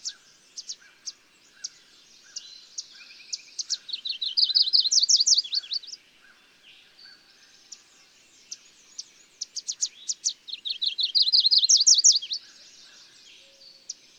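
Bird song: thin high chips building into a fast trill of swooping notes, repeated twice with pauses of spaced chips between phrases.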